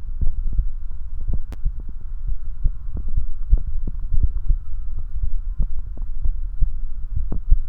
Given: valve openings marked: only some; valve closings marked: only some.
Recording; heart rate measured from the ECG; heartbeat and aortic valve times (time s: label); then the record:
heart sounds by stethoscope; 61 bpm
0.24 s: heartbeat (ECG mark)
0.32 s: aortic valve opens (echo mark)
1.31 s: heartbeat (ECG mark)
1.70 s: aortic valve closes (echo mark)
2.30 s: heartbeat (ECG mark)
2.68 s: aortic valve closes (echo mark)
3.19 s: heartbeat (ECG mark)
3.28 s: aortic valve opens (echo mark)
4.16 s: heartbeat (ECG mark)
5.25 s: heartbeat (ECG mark)
6.28 s: heartbeat (ECG mark)
6.65 s: aortic valve closes (echo mark)
7.18 s: heartbeat (ECG mark)
7.27 s: aortic valve opens (echo mark)
From the record:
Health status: healthy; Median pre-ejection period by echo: 85 ms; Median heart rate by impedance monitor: 62 bpm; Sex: male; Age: 20 years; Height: 178 cm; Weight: 77 kg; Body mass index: 24.30